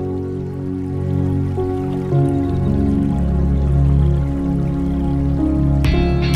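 Water pours steadily into a glass for several seconds, its hollow gurgling tone rising in pitch as the glass fills, ending with a brief splash.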